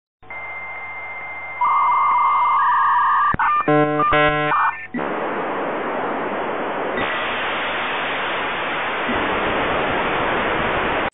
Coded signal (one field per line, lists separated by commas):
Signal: dial-up modem handshake